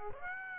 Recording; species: mosquito wingbeat signal from an infrared sensor; Aedes aegypti